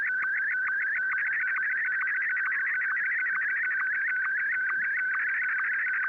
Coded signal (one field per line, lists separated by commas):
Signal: SSTV (slow-scan television)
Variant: Martin 1